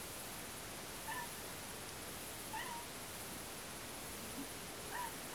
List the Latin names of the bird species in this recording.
none